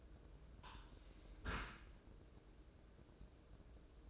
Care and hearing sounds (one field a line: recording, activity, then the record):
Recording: daily activity, microphone in the room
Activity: close dishwasher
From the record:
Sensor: 2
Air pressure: 1012.2 hPa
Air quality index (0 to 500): 148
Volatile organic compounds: 2 ppm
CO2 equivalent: 1086 ppm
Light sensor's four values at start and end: 425/1054/428/435 and 425/1054/428/435